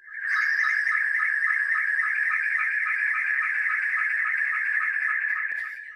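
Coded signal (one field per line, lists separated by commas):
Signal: SSTV (slow-scan television)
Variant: analog SSTV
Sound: warbling, chirpy tone around 1.5-2.3 kHz with rhythmic low ticks about three per second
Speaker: Kind of sounds like another digital mode on HF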